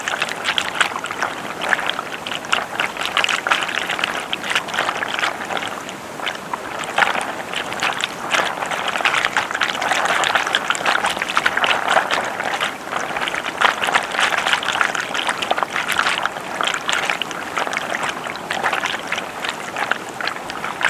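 A river rushes steadily, its dense hiss mixed with a smooth wash of white noise. The sound stays even throughout, bright, with rapid small splashes and gurgles flickering through the midrange and no distinct events standing out.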